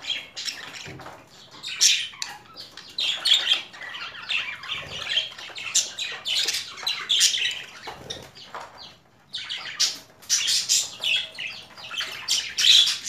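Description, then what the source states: Budgerigar chatter, a dense run of harsh squawks and scratchy chirps overlapping almost continuously, rising and falling in loudness with short pauses. Female budgerigar; mixed sounds.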